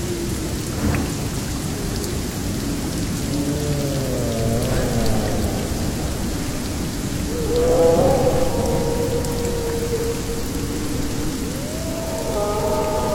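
Rain pours steadily through a jungle, a dense hiss layered over a deep rolling thunder rumble. Wolf howls rise and bend above it, around four to five seconds, louder and longer near eight to ten, and again near the end.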